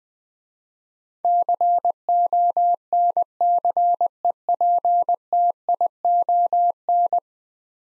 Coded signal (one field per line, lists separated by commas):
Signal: Morse code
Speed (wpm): 20 wpm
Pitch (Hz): 700 Hz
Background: none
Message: CONCEPTION